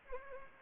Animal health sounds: mosquito wingbeat signal from an infrared sensor; Anopheles gambiae

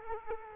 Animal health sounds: mosquito wingbeat signal from an infrared sensor; Culex quinquefasciatus

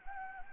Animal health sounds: mosquito wingbeat signal from an infrared sensor; Anopheles gambiae

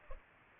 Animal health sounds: mosquito wingbeat signal from an infrared sensor; Culex pipiens

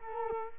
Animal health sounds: mosquito wingbeat signal from an infrared sensor; Culex quinquefasciatus

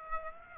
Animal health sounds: mosquito wingbeat signal from an infrared sensor; Aedes aegypti

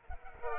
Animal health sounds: mosquito wingbeat signal from an infrared sensor; Culex pipiens

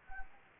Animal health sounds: mosquito wingbeat signal from an infrared sensor; Anopheles gambiae

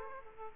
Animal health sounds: mosquito wingbeat signal from an infrared sensor; Aedes aegypti

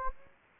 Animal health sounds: mosquito wingbeat signal from an infrared sensor; Anopheles gambiae

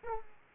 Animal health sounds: mosquito wingbeat signal from an infrared sensor; Aedes aegypti

